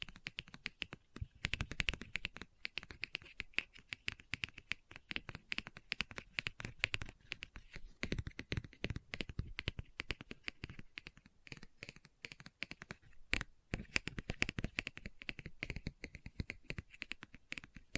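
Fingers tap and scratch on a book in a quick, busy run of crisp clicks that never stops for the full stretch. The taps come in rapid clusters with a few louder knocks, near 8 and 13 seconds, over a faint papery rustle.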